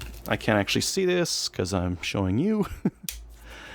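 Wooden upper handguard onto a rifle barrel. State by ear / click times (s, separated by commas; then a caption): seated / 3.1 s. A wooden upper handguard for a Mosin Nagant rifle is positioned on the barrel and pressed down while someone talks. It clicks into place at 3.1 seconds with a sharp, short snap and is seated so it no longer moves.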